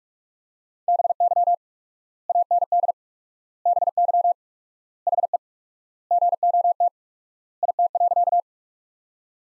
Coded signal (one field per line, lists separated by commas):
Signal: Morse code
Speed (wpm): 47 wpm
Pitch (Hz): 700 Hz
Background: none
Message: BY AND BY HE GOT IT.